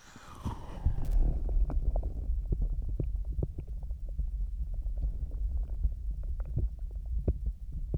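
Bowel sounds from an adult's abdomen, picked up by a close-contact microphone: a low rumble with irregular gurgles and pops; the belly makes all kinds of sounds.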